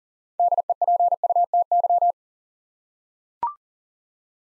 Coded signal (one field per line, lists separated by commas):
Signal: Morse code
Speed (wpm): 44 wpm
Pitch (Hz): 700 Hz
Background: none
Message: DEPUTY